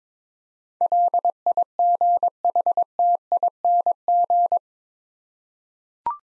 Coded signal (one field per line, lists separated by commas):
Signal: Morse code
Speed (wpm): 22 wpm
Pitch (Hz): 700 Hz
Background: none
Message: LIGHTING